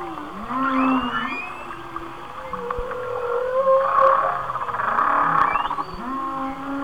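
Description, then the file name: Whale song of sliding moans and upswept cries, a low rising groan at the start, pulsed buzzy swells in the middle and a closing upsweep. "Whale Songs- Mike Mc Donald"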